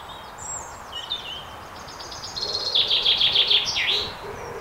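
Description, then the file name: Common chaffinch song: soft high notes at first, then a loud run of repeated chips falling in pitch, finishing with a sweeping flourish; low background hiss throughout. "Fringilla coelebs"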